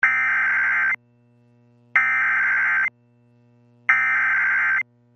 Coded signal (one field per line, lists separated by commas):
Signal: Emergency Alert System (SAME) tones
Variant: header bursts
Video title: Tornado Warning (4/27/26) [EAS #407]